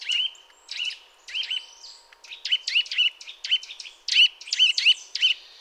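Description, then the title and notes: Eurasian nuthatch calling with looped piping notes, a little over one each second, in an uneven series. Sedentary bird heard during mild winter weather, giving contact calls followed by song in this sequence; common in forests, parks and small woods; recorded with various equipment. "Sonothèque naturophonia. La Sittelle torche-pot (Sitta europaea)"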